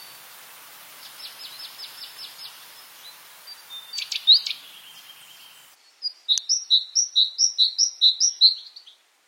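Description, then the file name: Great tit song: a series of high chirps and a few louder notes, then a quick run of repeated bright two-note phrases. "Canto do chapins real"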